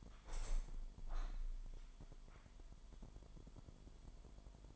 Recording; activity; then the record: daily activity, microphone in the room; open window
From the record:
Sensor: 5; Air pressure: 998.6 hPa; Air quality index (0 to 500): 104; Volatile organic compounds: 2 ppm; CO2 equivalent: 1208 ppm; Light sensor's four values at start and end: 45/111/46/52 and 45/111/46/52